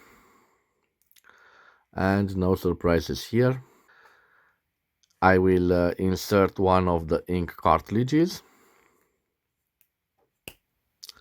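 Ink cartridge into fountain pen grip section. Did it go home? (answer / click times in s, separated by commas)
yes / 10.5 s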